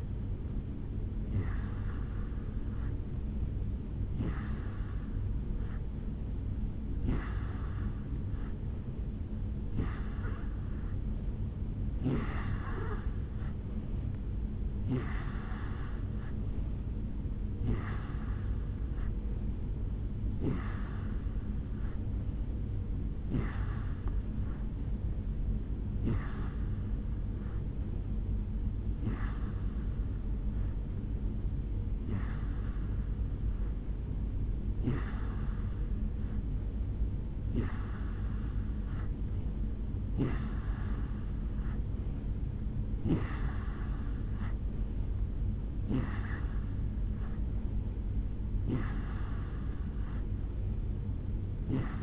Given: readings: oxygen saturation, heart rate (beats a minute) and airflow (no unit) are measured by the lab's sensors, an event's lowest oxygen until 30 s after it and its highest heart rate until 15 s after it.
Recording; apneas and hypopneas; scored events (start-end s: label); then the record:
breathing in sleep by a smartphone at the bedside; none
none scored
From the record:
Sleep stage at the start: N3 (deep sleep); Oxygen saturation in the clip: 86 to 88%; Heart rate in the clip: 70 to 74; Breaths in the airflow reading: 19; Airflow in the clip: -4.6 to 2.6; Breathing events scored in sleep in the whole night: 449 in 7.0 hours asleep